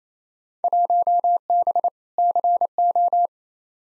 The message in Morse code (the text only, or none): 1B CO